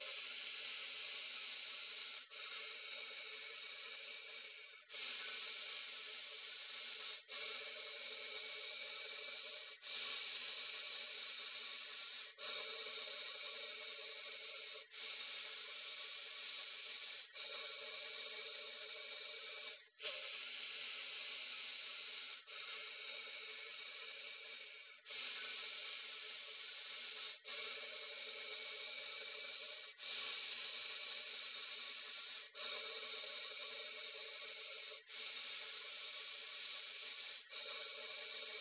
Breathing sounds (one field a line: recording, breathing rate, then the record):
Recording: paced breathing near a phone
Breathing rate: 12 breaths a minute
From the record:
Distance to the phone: 20 cm